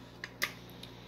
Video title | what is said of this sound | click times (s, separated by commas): MUST KNOW BLACK FRIDAY DEALS AT THE HOME DEPOT!!! PLUS... | clicks right at 45. | 0.2 s, 0.4 s